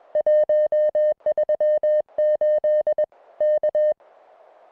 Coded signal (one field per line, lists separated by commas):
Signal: Morse code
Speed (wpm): 21 wpm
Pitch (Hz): 610 Hz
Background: music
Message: 138 K